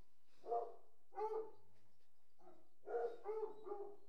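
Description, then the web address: Hunting hounds whining in a few soft bursts, tonal wavering cries over a low background rumble. A pack of about 60 hunting hounds whining. "BBC Sound Effects Library. Hunting Hounds"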